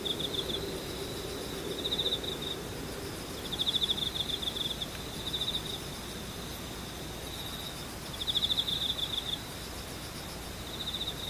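Insects chirr in a steady high band, with brighter pulsing trills swelling at around 0, 2, 3.5 to 5, 8 to 9.5, and 11 seconds. A low, rumbling murmur runs underneath throughout, slightly fuller in the first few seconds.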